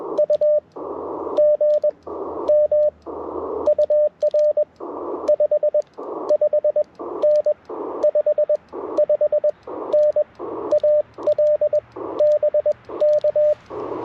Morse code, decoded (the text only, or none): U GM UR 55N 55N AL BK